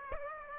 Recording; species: mosquito wingbeat signal from an infrared sensor; Aedes aegypti